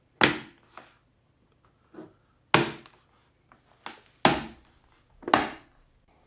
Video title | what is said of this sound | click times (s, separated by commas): pc portable démarrage très lent | Vous avez entendu, ça fait clic quand on referme. | 0.2 s, 2.5 s, 4.2 s, 5.3 s